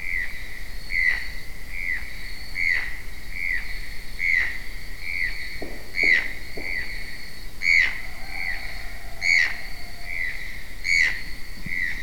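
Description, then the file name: Channel-billed toucan calls: hoarse, croaky notes repeated in a steady series, over a quiet background. A pair, recorded in São Paulo, June 1999. "Ramphastos-vitellinus-casal-Pedro Barros-SP. ASilveira"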